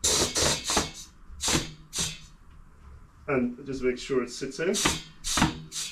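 A tubeless bicycle tyre is being handled on its rim while it is set up to be inflated at high pressure with the valve core removed so the bead can seat. Someone talks over the handling sounds throughout. Nothing has seated or popped into place yet.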